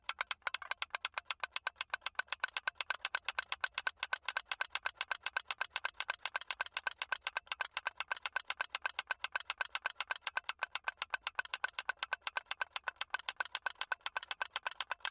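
Empty aluminum cans are handled in a fast, nearly unbroken stream of sharp, bright clicks and rattles. The ticking stays dense and fairly regular for the full fifteen seconds, with a faint low rumble underneath.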